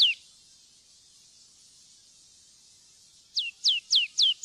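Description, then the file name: Marsh tit calls: a single clear down-slurred whistle, a long pause, then several similar falling notes repeated quickly. "loevmeis"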